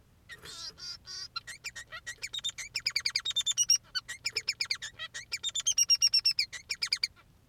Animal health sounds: song of a male Bengalese finch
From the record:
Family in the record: son of father 3

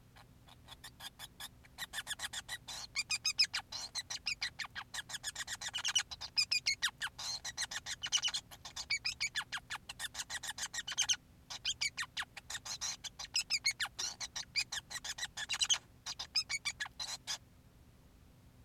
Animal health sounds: song of a male Bengalese finch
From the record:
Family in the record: son of father 5

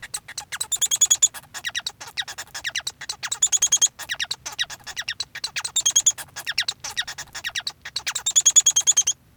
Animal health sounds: song of a male Bengalese finch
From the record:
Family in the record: son of father 1

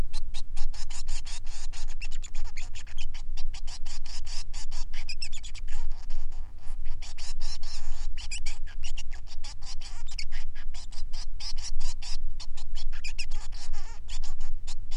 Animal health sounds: song of a male Bengalese finch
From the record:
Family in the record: son of father 3

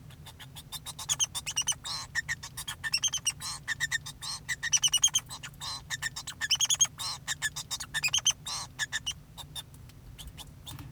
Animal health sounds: song of a male Bengalese finch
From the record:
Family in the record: son of father 2

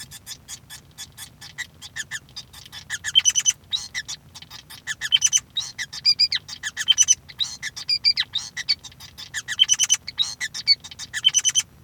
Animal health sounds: song of a male Bengalese finch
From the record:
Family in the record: son of father 5

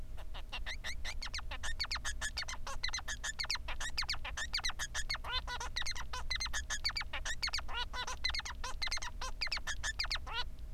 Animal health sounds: song of a male Bengalese finch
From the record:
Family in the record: son of father 3

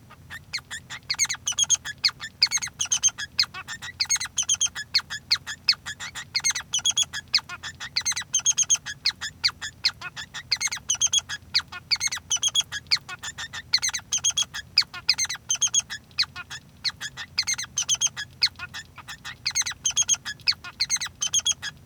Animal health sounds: song of a male Bengalese finch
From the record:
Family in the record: son of father 3

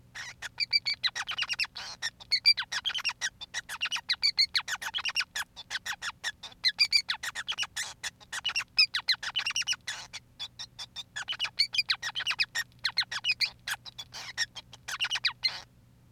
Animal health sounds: song of a male Bengalese finch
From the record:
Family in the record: son of father 5

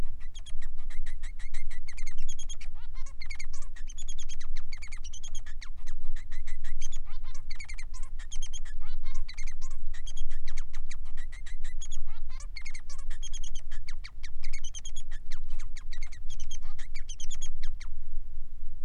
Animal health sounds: song of a male Bengalese finch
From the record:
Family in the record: son of father 3

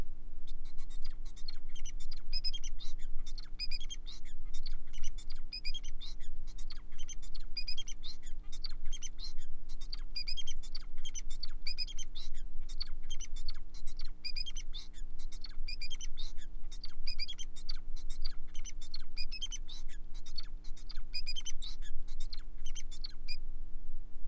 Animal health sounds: song of a male Bengalese finch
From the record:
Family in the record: son of father 4

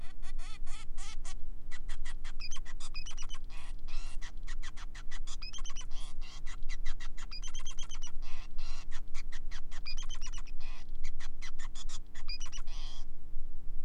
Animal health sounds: song of a male Bengalese finch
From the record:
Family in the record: son of father 5

